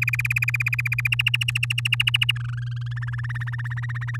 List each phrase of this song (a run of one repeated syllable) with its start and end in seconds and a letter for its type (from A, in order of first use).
0.01-1.08 A, 1.12-2.32 B, 2.36-2.93 C, 2.96-4.17 D